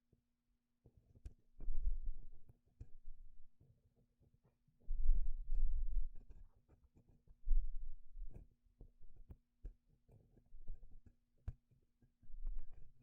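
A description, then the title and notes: Gloves being handled, with bursts of low rubbing and muffled rustling around 1.5–3, 5–6, 7.5–8.5 and 12.5 seconds. Sharp little clicks and snaps scatter throughout, separated by near-silent pauses. A faint steady low hum runs underneath. 5 different GLOVES Sounds. (No Talking).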